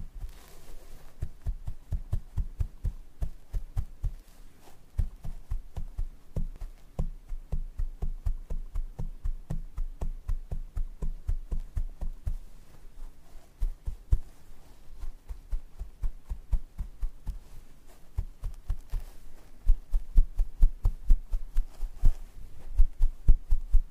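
Scalp massage and hair brushing: quick, regular strokes repeat about three or four times a second, each a soft low thump with a faint scratchy edge. The rhythm pauses briefly near five and fourteen seconds, then resumes and grows slightly louder toward the end.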